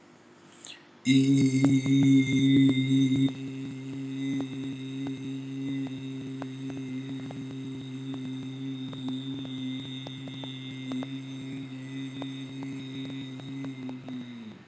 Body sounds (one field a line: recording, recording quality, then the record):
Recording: sustained vowel as in beet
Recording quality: excellent, no background noise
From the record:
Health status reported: healthy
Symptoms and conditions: cough, cold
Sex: male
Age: 52 years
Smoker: not ticked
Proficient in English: yes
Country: India